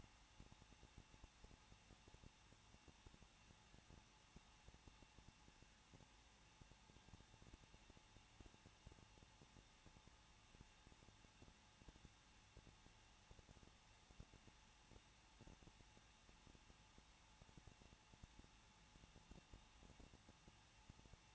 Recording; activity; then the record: daily activity, microphone in the room; no activity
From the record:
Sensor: 1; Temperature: 20.1 degrees Celsius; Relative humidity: 39.1%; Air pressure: 1006.3 hPa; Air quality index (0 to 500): 217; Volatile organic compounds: 76 ppm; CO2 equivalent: 3572 ppm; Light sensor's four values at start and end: 1/2/1/1 and 1/2/1/1